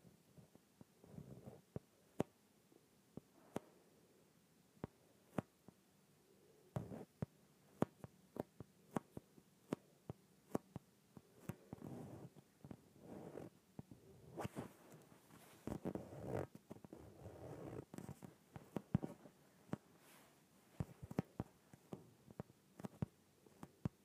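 An inflated yoga ball being handled. Sharp, irregular taps and knocks land every second or so, while soft rubbing and squeaky swells of the rubber surface rise in bursts, busiest around the middle stretch.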